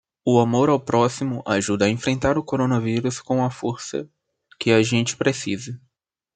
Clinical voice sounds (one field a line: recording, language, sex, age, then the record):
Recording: spoken sentence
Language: Brazilian Portuguese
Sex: male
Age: 20 to 29 years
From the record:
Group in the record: control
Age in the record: 21 years